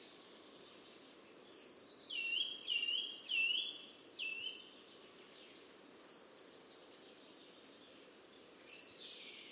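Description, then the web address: Eurasian blue tit calls: three short high dipping notes in quick succession, then fainter calling under steady background noise. "Deverinetal 2025 File origin Bird Only Cy Ca"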